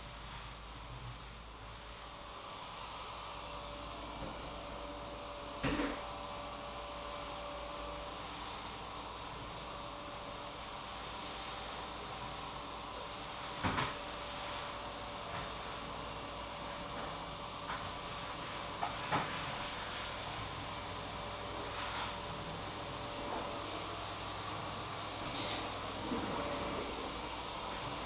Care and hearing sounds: daily activity, microphone in the room; vacuum cleaning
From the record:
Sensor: 1

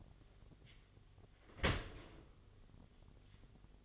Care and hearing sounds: daily activity, microphone in the room; open dishwasher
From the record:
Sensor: 4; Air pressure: 1007.4 hPa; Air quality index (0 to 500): 199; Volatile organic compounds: 7 ppm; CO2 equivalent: 1986 ppm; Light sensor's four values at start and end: 22/71/27/26 and 22/70/27/26

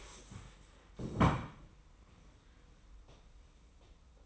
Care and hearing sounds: daily activity, microphone in the room; stand up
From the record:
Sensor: 1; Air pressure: 990.5 hPa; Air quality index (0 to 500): 152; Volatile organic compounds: 1000 ppm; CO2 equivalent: 5516 ppm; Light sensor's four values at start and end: 32/75/32/35 and 32/74/32/34

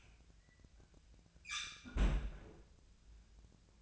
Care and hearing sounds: daily activity, microphone in the room; close fridge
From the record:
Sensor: 2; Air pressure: 1009.6 hPa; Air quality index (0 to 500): 181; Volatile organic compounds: 10 ppm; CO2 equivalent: 2258 ppm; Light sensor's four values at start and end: 27/65/28/31 and 27/65/28/31

